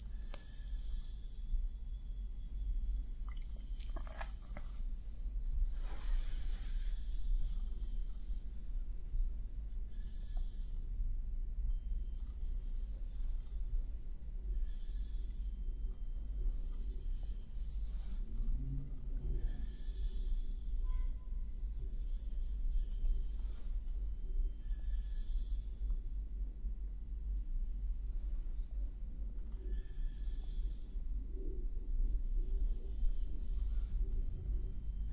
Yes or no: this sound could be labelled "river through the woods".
no